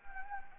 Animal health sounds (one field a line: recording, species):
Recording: mosquito wingbeat signal from an infrared sensor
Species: Anopheles gambiae